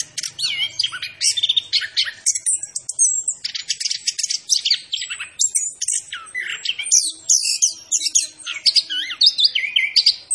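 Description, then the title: Orange-headed thrush pouring out a rich, fast song of high sweeping whistles and scratchy twittering notes, continuous and loud throughout. Local name anis kembang; described as gacor, a bird singing persistently; variant called macan. "Anis Kembang Gacor 8. Suara Anis Kembang Macan"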